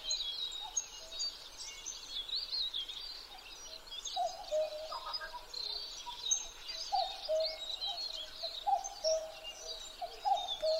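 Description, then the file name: Common cuckoo calling, its low two-note cu-coo, stepping down in pitch, coming in after a few seconds and repeating, over a dense chorus of high, twittering songbirds. Recorded 12 June 2011 at 03:53. "kakkou-20110612-0353"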